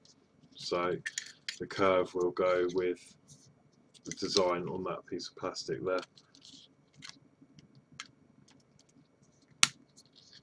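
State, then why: Seated. Someone talks while handling a curved plastic panel piece for an R2-D2 scale model, followed by a few faint ticks of handling. At 9.6 s, the piece is pressed onto the model body with a single sharp, loud snap, and it seats in place.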